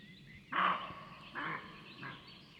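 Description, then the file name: Roe deer barking: three short, hoarse barks, the first loudest, then two softer ones spaced about half a second to a second apart, with faint birdsong behind. "Capriolo da xenocanto"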